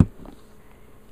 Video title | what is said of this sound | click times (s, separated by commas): Tupperware Individual Dumpling / Empanada Maker | you've gotten everything in just simply snap it into place here | 0.0 s